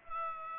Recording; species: mosquito wingbeat signal from an infrared sensor; Aedes aegypti